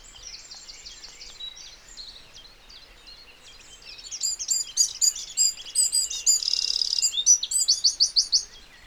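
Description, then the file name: Eurasian wren song, a high jingling run that swells into loud rapid notes, a buzzy reeling trill, then a string of repeated sharp chips. "Troglodytes troglodytes"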